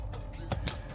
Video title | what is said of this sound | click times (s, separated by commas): Toyota LandCruiser 200 Vhedia Head Unit Installation - Full Install Guide (2016–2021) | There we go, that should click in there. | 0.5 s, 0.7 s